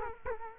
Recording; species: mosquito wingbeat signal from an infrared sensor; Culex quinquefasciatus